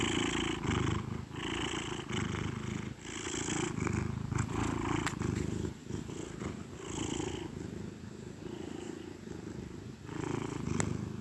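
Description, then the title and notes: Cat purr, a continuous low rumble under repeated bursts of brighter hissy noise that come and go. Gentle purrs of a contented cat. "Cat Cafe Purr-Finale. the gentle purrs of a contented cat"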